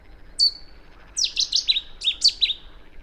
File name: Bouscarle de Cetti Cettia cetti